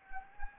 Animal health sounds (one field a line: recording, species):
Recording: mosquito wingbeat signal from an infrared sensor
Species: Anopheles gambiae